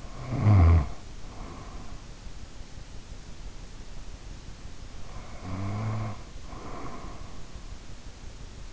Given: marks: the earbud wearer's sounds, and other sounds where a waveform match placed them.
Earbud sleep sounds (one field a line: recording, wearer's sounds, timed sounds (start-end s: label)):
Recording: sounds in sleep by an in-ear microphone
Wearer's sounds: snoring breath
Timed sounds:
0.00-2.16 s: snoring breath
5.03-7.52 s: snoring breath